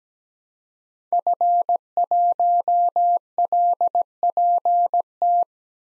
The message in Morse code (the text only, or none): F1LPT